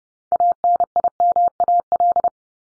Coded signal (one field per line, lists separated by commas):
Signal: Morse code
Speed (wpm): 30 wpm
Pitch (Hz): 700 Hz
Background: none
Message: ANIMAL